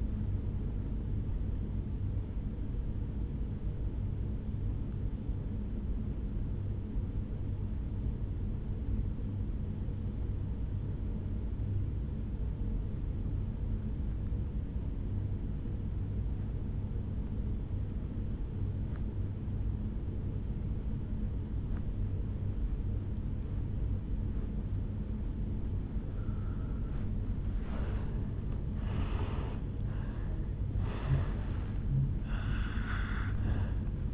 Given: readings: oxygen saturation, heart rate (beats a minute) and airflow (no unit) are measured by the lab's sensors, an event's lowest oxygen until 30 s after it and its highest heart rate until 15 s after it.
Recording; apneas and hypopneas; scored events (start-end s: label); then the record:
breathing in sleep by a smartphone at the bedside; 1
9.00-27.60 s: obstructive apnea (N2, oxygen 97% highest, then 83% lowest, heart rate 63 at the start, 77 highest)
From the record:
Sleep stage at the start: N2 (light sleep); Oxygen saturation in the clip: 85 to 97%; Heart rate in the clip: 62 to 75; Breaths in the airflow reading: 4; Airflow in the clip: -11.1 to 6.0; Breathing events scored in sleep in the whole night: 449 in 7.0 hours asleep